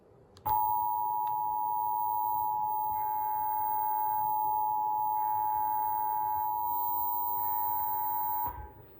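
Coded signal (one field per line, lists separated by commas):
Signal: Emergency Alert System (SAME) tones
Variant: 853 and 960 Hz attention tone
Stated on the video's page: EAS alerts for severe weather relayed through a Cox cable system.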